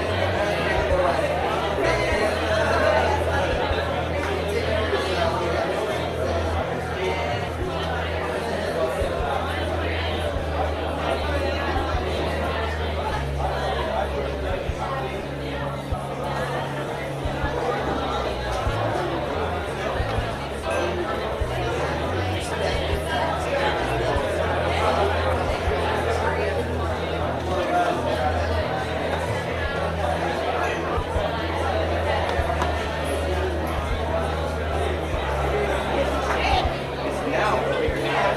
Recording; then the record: background sound without coughing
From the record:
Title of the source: CITY SOUNDS Busy Bar in the Evening Night - 2 HOURS of Ambiance for Relaxation